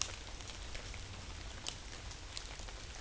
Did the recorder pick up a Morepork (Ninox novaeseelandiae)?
no